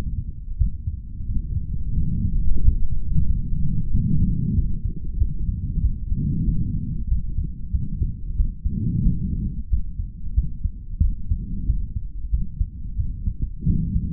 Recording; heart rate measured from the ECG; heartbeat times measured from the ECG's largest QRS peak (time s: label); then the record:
heart sounds by stethoscope; 92 bpm
0.57 s: heartbeat
1.26 s: heartbeat
1.95 s: heartbeat
2.62 s: heartbeat
3.27 s: heartbeat
3.92 s: heartbeat
4.55 s: heartbeat
5.18 s: heartbeat
5.81 s: heartbeat
6.44 s: heartbeat
7.08 s: heartbeat
7.71 s: heartbeat
8.36 s: heartbeat
9.03 s: heartbeat
9.69 s: heartbeat
10.34 s: heartbeat
11.01 s: heartbeat
11.66 s: heartbeat
12.30 s: heartbeat
12.96 s: heartbeat
13.65 s: heartbeat
From the record:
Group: healthy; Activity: rest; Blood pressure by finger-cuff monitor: 137/98 mmHg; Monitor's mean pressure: 110 mmHg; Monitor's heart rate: 93 bpm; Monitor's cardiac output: 4.1 L/min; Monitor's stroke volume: 44 mL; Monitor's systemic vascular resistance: 2010 dyn s/cm5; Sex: male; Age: 55 years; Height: 167 cm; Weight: 57.2 kg